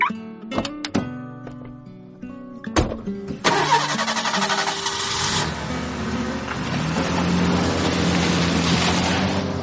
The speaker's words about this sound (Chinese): 已经到了下班时间，马路上的车流变得拥挤，两个人的车没过多久就被堵在了路口。他们在柔和的音乐之中耐心地等着拥堵的车辆缓慢地朝前移动着。